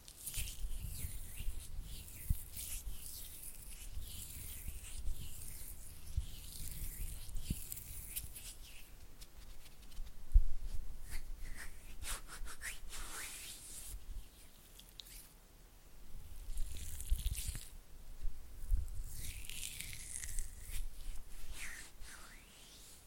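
Oily hands rub and flutter, making a wet, squishy crackle that runs continuously with constant small clicks and smacks. Bright, hissy flurries swell and fade every few seconds, with a stronger burst near the middle and a low rumble underneath.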